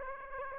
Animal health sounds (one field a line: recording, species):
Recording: mosquito wingbeat signal from an infrared sensor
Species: Aedes aegypti